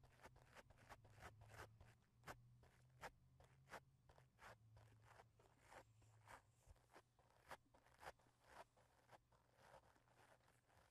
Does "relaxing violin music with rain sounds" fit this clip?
no